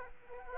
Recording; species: mosquito wingbeat signal from an infrared sensor; Aedes aegypti